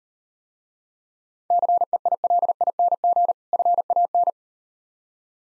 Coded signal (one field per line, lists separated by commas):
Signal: Morse code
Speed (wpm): 39 wpm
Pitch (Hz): 700 Hz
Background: none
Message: CEILING FAN